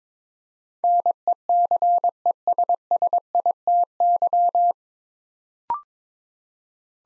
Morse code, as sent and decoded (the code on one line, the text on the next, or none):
-. . -.-. . ... ... .. - -.--
NECESSITY